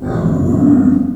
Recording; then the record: squeal of a Yucatan mini pig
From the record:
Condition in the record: after surgery on the right vocal fold (resection and tissue-engineered implant); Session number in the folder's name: 5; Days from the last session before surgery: 33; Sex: female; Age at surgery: 19 weeks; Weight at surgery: 25 kg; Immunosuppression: prednisolone